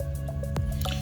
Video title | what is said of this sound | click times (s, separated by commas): Commander NV100 From OneLeaf, Digital Clip-On & Night Vision - Review! | but you just insert it like this and just turn it and you click into place | 0.6 s